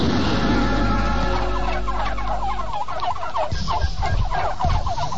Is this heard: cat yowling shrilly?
no